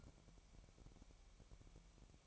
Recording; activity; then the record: daily activity, microphone in the room; take from stove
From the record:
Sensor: 1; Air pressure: 1012.1 hPa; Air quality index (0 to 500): 218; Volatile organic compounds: 5 ppm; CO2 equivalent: 1748 ppm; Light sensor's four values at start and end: 66/156/65/67 and 66/156/65/67